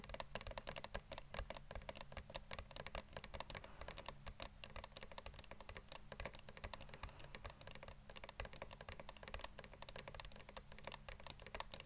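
Rapid fingertip tapping that sounds much like typing on a keyboard, with dense, crisp clicks following one another continuously for the whole twelve seconds. The pace stays quick and fairly even, with a soft low hum underneath and no voices.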